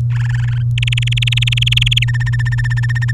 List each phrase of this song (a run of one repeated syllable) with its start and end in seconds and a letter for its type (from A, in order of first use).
0.14-0.63 A, 0.78-2.04 B, 2.08-3.12 C